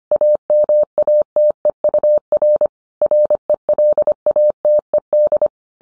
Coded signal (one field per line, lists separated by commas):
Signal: Morse code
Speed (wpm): 25 wpm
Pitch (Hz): 600 Hz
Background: none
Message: AMATEUR RELATED